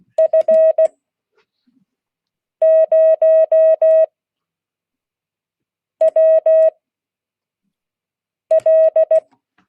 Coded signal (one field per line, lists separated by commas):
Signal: Morse code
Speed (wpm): 16 wpm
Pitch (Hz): 640 Hz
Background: none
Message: F0WL